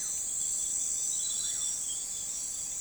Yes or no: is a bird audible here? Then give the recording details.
no. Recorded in forest near Pivijay, Magdalena, Colombia, on 14 April 2023 at 03:30. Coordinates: 10.467, -74.380. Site Z5-G034